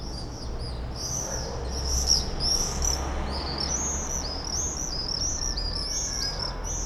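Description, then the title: Common swifts screaming, a steady chorus of high buzzy screams from several birds over a low hum. Summer evening in a backyard in Bytom, Poland; many swifts circling; recorded with Zoom F4 and AT BP4025. "Zygmunta Starego 3, Bytom, Poland - Backyard swifts"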